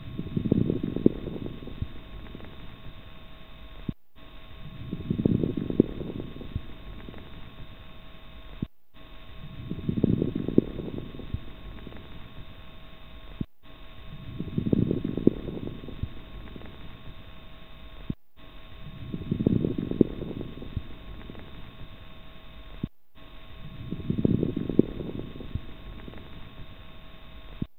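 Adult lungs by stethoscope. Coarse crackles, sounding like bubbling underwater, repeating with each breath at about 13 per minute; a sign of fluid in the lungs.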